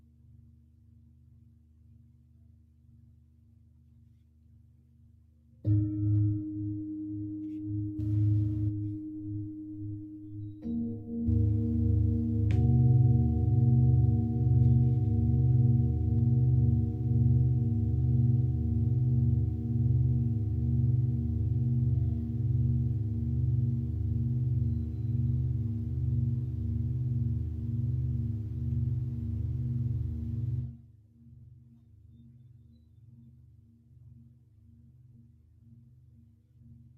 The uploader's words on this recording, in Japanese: 朝焼けのメキシコから シンギングボウルのサウンドヒーリングライブ。